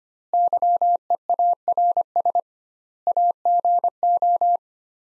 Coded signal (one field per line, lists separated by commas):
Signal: Morse code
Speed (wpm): 25 wpm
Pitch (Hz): 700 Hz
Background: none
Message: YEARS AGO